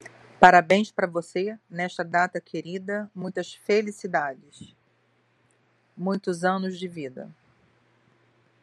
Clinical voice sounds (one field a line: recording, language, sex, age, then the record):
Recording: short text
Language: Brazilian Portuguese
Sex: female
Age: 50 to 59 years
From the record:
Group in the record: control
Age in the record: 52 years